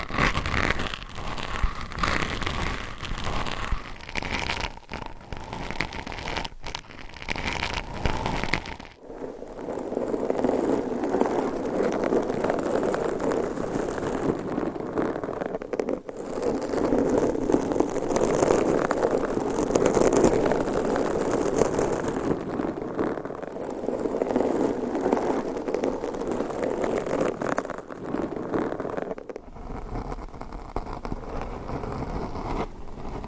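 Mic scratching with dense, rough rustling textures, shifting in tone around 9, 16 and 29 seconds, mostly steady and fairly loud throughout.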